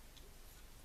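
A plastic piece for the Playmobil Eagle Knight with Trapped Cart (6005) is handled and pushed toward its mount on the other side of the cart frame, producing only faint, low handling rustle with light ticking. Nothing has seated or clicked yet.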